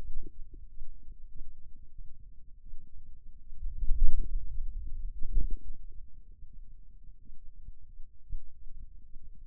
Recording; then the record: forearm muscle sounds (acoustic myography)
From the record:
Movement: hand closing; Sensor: system 2, bracelet of six BSWA MPA416 microphones around the upper forearm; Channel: 3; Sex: male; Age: 22 years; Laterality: right